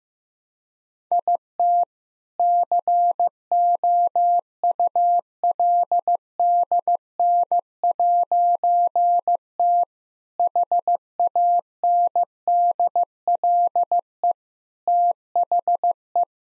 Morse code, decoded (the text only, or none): IT COULDN'T HANDLE THE